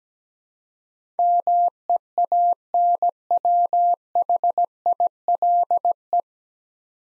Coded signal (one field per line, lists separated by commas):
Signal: Morse code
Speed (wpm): 17 wpm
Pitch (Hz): 700 Hz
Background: none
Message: MEANWHILE